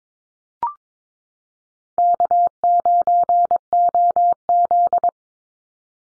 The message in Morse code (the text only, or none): K9OZ